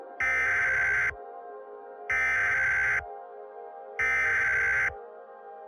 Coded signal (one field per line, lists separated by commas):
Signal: Emergency Alert System (SAME) tones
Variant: header bursts